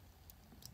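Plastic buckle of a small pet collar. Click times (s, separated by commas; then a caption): 0.3 s, 0.7 s. The small plastic buckle of a small pink pet collar is worked by hand, giving two sharp, bright ticks at 0.3 and 0.65 seconds over a quiet low rumble. The collar buckle clicks shut.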